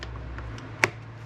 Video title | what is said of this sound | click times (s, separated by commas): How to change air filter and cabin air filter on your e46 . | there we go snap right in place | 0.8 s